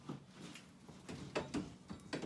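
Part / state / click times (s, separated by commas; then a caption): vacuum hose quick-disconnect coupling into dust extractor inlet / not seated / none. A vacuum hose is being handled at its quick-disconnect coupling on the inlet of a Clean Storm HEPA concrete grinder dust and slurry extractor, a triple-vacuum-motor wet/dry vac, as it is pushed on to snap into place. A few short, sharp plastic-sounding knocks come at about 1.4, 1.5 and 2.1 seconds over low background noise. The hose has not seated or clicked into place yet.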